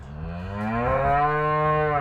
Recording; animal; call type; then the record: contact call of a hoofed animal; cattle; low-frequency (closed-mouth) or high-frequency (open-mouth) call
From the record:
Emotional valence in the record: positive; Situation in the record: visual reunion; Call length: 2.1 s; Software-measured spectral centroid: 1100 Hz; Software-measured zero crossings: 1390 a second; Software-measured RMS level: -23 dBFS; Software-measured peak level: -10 dBFS